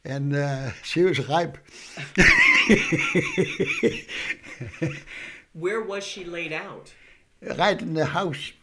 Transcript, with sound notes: and she was ripe. ( he laughs )
Where was she laid out?
Right in the house,